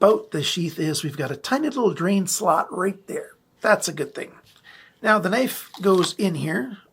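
Someone talks while handling a Sanrenmu S768-4 fixed-blade knife and its leather sheath, which has a tiny drain slot, as the knife is brought to the sheath to be pushed in. Nothing has seated or clicked yet by the end of the clip.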